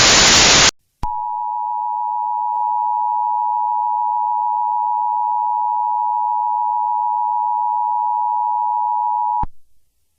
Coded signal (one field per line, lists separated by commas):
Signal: Emergency Alert System (SAME) tones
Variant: 853 and 960 Hz attention tone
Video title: EAS Mock Scenario: Awaken